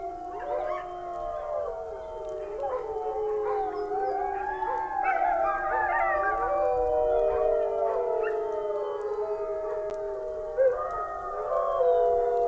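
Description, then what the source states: Wolf pack in a full chorus of layered, sustained howls, tones bending up and down and weaving around each other, punctuated by brief yips. Several wolves howling.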